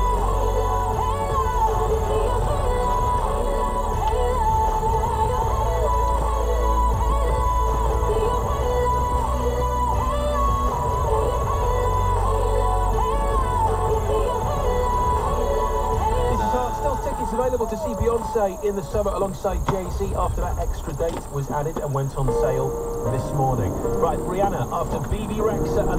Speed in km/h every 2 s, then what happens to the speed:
0, 0, 0, 0, 0, 0, 0, 0, 0, 0, 0, 11, 23.
0-21 standing. 21-26 pulls away to 23.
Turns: none.